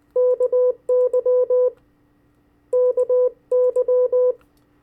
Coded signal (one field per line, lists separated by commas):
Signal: Morse code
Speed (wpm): 20 wpm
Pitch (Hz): 500 Hz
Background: none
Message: KY KY